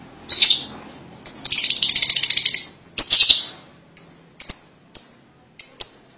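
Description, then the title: Lovebird calls: rapid raspy chatter early on, followed by a series of separate sharp high chirps spaced about half a second apart. "Suara Burung Lovebird"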